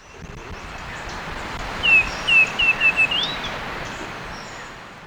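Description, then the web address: Black-and-white becard call: a quick run of several short, clear whistles, each slightly descending, ending on a higher rising note, over soft background hiss. Ecuador. "Natures Songs S America Birds of Ecuador. Black-And-White Becard"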